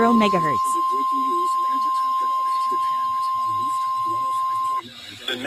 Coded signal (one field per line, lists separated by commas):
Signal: Emergency Alert System (SAME) tones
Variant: 1050 Hz attention tone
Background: speech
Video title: LWX SVR on WLVW (K-LOVE) 107.3 (EAS #3,498) More Lamar Arisons Tech #shorts